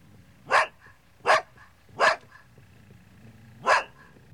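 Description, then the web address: Dog barking: four loud, sharp single barks, three close together in the first two seconds, then a gap before a final bark. Large dog barking in the distance in a residential area. "dog large barking animal barking in distance residential animal barking birds in bg"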